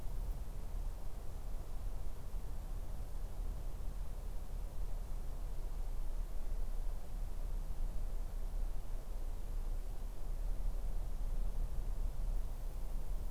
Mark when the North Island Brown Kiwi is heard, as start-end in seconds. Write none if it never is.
none